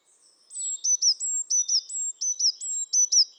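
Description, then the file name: Eurasian blue tit song: a rapid string of high, sharp paired notes, each a thin high note dropping into a lower slur, repeated evenly for about three seconds. "Cyanistes caeruleus"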